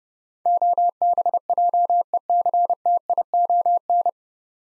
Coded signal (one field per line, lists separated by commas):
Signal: Morse code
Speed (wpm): 30 wpm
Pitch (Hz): 700 Hz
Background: none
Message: OBJECTION